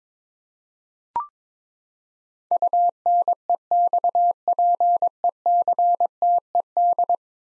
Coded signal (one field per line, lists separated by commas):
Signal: Morse code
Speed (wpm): 22 wpm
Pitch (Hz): 700 Hz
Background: none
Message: UNEXPECTED